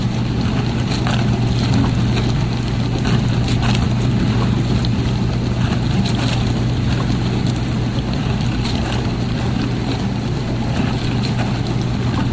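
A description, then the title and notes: A dishwasher runs in a kitchen with a steady, dense low hum from its motor that holds constant throughout. Water sloshes and sprays over the drone, with faint clicks and knocks scattered irregularly. The sound is unchanging in level. Dishwasher recordings made in the kitchen by Dan Bodah at Dorchminster Mansion, November 2008.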